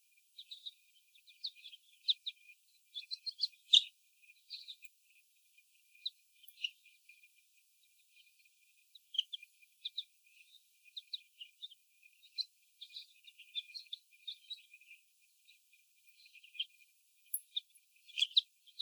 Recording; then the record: young laying hens in a cage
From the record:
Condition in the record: before the stressor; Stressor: sudden umbrella opening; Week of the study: 1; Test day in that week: 1